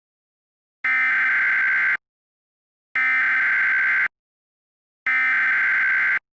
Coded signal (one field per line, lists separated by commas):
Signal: Emergency Alert System (SAME) tones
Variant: header bursts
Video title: EAS - Traffic Nightmare 2 (Part 1)